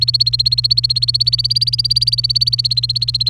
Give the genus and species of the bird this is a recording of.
Serinus canaria